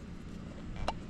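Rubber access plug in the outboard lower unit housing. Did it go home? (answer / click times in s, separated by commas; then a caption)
released / 0.8 s, 0.9 s. A small rubber access plug is pried out of the top of a Yamaha F90/F115 outboard's lower unit housing to reach a hidden bolt that holds the torque tab. Two short hits sound at 0.8 s and 0.9 s, the second louder and sharper, over a steady low background. The plug pops out and comes free.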